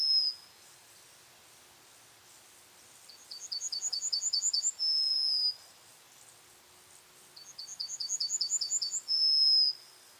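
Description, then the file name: Yellowhammer: the tail of one song, then two full songs, each a rapid run of repeated high notes closing with a sustained long note. "citromsármány-hangja"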